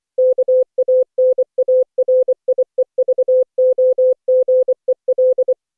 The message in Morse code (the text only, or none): KANARIEVOGEL